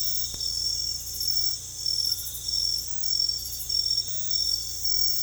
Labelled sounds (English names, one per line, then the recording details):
none
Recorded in secondary vegetation near Puerto Asís, Putumayo, Colombia, on 16 December 2024 at 00:30
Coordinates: 0.468, -76.324
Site G095